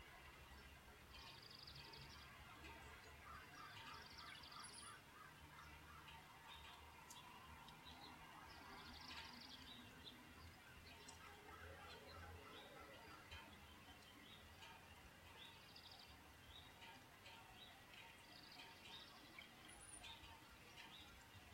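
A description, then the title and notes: Birds chirp and trill through a steady, dense hiss like falling rain. Bright, repeated bursts of song come every few seconds, clustered around 1–2, 5, 9 and 16–20 seconds, with a low rumble underneath and a constant level throughout. Birds and Rain, sounds of Nature.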